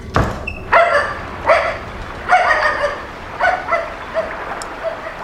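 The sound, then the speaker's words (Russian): A dog barks repeatedly, about six sharp, high-pitched yips in an uneven rhythm, each bark bright and harmonic, with no voices around them. “Пошли, барон. На этих русалок даже лаять бесполезно.”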